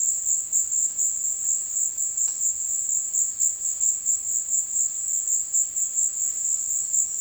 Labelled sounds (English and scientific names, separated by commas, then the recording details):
none
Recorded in secondary vegetation near Puerto Asís, Putumayo, Colombia, on 19 February 2024 at 17:00
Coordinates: 0.472, -76.331
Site G6371